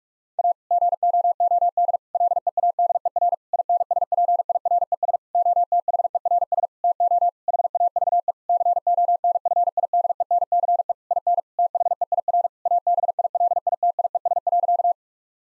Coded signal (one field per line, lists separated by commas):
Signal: Morse code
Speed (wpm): 41 wpm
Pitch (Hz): 700 Hz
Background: none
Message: A GOOD LEADER INSPIRES OTHERS TO HAVE CONFIDENCE IN THEIR ABILITIES.